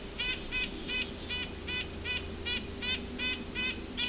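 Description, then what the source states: Red-breasted nuthatch repeating a nasal, slightly buzzy honk at a quick, regular pace of about two and a half notes per second. Wild bird right in front of the recordist during a Christmas Bird Count on Isthmus Bay Road; very nasal call, said to sound much like the white-breasted nuthatch's.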